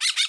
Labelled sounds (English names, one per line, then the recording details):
Brown-throated Parakeet contact call
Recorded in Bonaire
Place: 1 km E of roosting area just N of Seru Largu
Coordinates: 12.199, -68.268